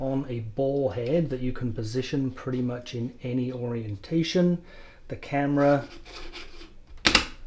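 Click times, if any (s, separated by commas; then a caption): 7.1 s. Someone talks, then an Insta360 Go 3 mini action camera is pressed onto the quick-release mount on the pivot stand's ball head. Sharp snap clicks sound at 7.1 s and 7.2 s as the camera seats and locks in place.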